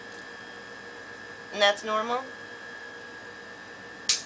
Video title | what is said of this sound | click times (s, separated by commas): Demonstration of Culley Filtering Method, Part 2 of 2 | there's the pop and now | 4.1 s